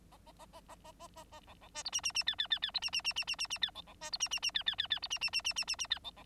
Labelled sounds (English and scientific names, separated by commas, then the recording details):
Bengalese Finch (Lonchura striata domestica) song
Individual Bird9